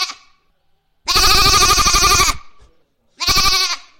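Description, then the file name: Goat bleating loudly: a long harsh quavering bleat lasting over a second, a pause, then a shorter bleat of the same rough, nasal tone. "funny goat"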